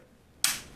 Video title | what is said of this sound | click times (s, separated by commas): STRAIGHT RAZORS: Three types and step by step instructions on how to load them | and then move it over until you hear a click | 0.4 s